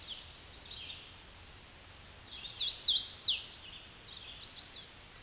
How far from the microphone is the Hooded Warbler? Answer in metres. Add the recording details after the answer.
about 20 m. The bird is about 15 m above the microphone. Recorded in a Pennsylvania forest on 16 May 2024 at 08:38. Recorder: AudioMoth, point MSD-0814. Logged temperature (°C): 15.8 °C. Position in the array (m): 152 m, 104 m